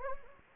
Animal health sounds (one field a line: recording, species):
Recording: mosquito wingbeat signal from an infrared sensor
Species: Anopheles gambiae